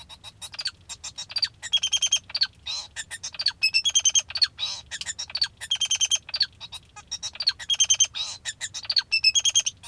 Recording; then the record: song of a male Bengalese finch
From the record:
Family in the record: father 2